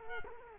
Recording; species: mosquito wingbeat signal from an infrared sensor; Culex quinquefasciatus